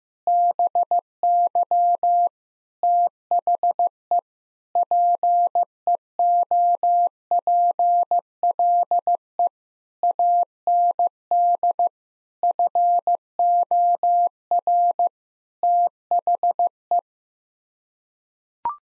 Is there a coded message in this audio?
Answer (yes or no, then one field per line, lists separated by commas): yes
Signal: Morse code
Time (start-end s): 0.3-17.0 s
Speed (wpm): 14 wpm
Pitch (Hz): 700 Hz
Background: none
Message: BY THE PEOPLE AND FOR THE